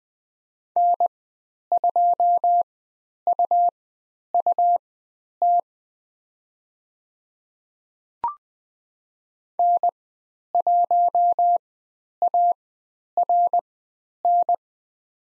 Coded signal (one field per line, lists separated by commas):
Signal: Morse code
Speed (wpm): 20 wpm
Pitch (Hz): 700 Hz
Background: none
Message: N2UUT N1ARN